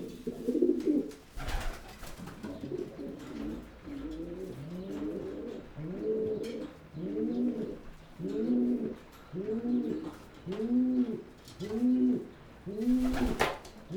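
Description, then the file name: Pigeon coos starting muddled, then settling into clear, evenly paced hollow notes about every second, with brief rustling bursts near the start and end. "holub"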